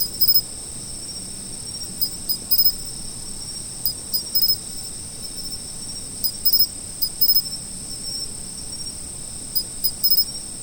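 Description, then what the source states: Insect chorus of constant high trilling, punctuated at intervals by brief bursts of rapid chirps. Autumn insects.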